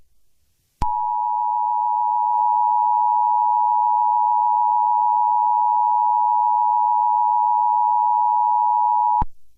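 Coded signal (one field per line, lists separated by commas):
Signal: Emergency Alert System (SAME) tones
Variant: 853 and 960 Hz attention tone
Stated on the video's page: Fictional EAS scenario; the alert tones are part of a simulated mock, not a real broadcast.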